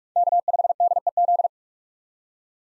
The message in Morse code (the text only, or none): K5DEZ